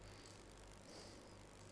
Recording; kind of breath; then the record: one breath in and out by a microphone near the nose and mouth; normal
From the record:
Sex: male